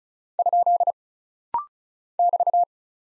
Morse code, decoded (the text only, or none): ? <BT>